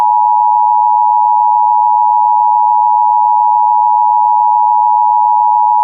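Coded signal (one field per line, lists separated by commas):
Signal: Emergency Alert System (SAME) tones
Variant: 853 and 960 Hz attention tone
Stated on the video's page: Mock Severe Thunderstorm Warning alert, not a real broadcast.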